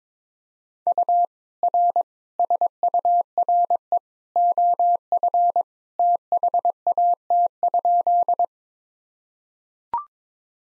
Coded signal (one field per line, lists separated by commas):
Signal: Morse code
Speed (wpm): 22 wpm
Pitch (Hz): 700 Hz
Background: none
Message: U R SURE OF THAT?